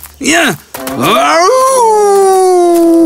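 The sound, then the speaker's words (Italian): A human voice mimics a wolf: two short rising-and-falling yelps, then one long, loud, sustained howl whose pitch slowly slides downward. “Ergo continuò a lamentarsi, ma Cappuccetto d'Oro non capiva. Lui saltò e ululò”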